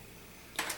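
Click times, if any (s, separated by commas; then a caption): 0.6 s. A high-current RC battery lead connector is pushed into its mating connector. After a low steady background, a sharp, bright click lands at 0.6 s, with a second brief click just after. The connector seats tight.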